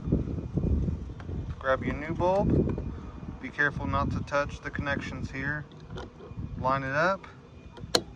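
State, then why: Seated. A new turn signal bulb is lined up and pressed down into its plastic socket in the tail light housing while someone talks. A sharp click at 8.0 seconds marks the bulb locking into place.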